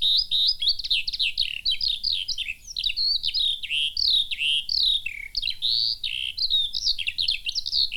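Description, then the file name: Eurasian skylark delivering a long, breathless warble of chirps, trills and quick rising and falling whistles, steady and unbroken from start to finish. "Feldlerche"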